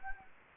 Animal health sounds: mosquito wingbeat signal from an infrared sensor; Anopheles gambiae

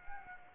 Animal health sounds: mosquito wingbeat signal from an infrared sensor; Aedes aegypti

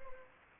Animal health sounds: mosquito wingbeat signal from an infrared sensor; Anopheles arabiensis

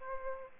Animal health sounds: mosquito wingbeat signal from an infrared sensor; Aedes aegypti

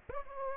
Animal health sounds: mosquito wingbeat signal from an infrared sensor; Aedes aegypti

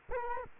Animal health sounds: mosquito wingbeat signal from an infrared sensor; Culex quinquefasciatus

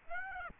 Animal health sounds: mosquito wingbeat signal from an infrared sensor; Aedes aegypti

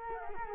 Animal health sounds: mosquito wingbeat signal from an infrared sensor; Culex quinquefasciatus

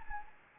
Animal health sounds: mosquito wingbeat signal from an infrared sensor; Anopheles gambiae

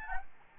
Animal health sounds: mosquito wingbeat signal from an infrared sensor; Anopheles gambiae

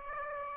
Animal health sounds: mosquito wingbeat signal from an infrared sensor; Aedes aegypti

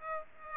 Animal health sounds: mosquito wingbeat signal from an infrared sensor; Aedes aegypti

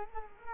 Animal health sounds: mosquito wingbeat signal from an infrared sensor; Culex quinquefasciatus

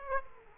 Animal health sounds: mosquito wingbeat signal from an infrared sensor; Aedes aegypti

